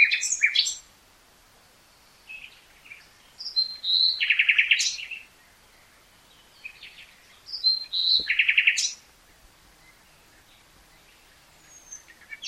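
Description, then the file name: Common nightingale singing loud buzzy rattling trills, repeated about every four seconds with quiet gaps between. "Luscinia megarhynchos"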